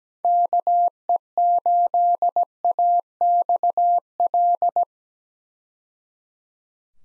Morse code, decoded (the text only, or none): KE8AXL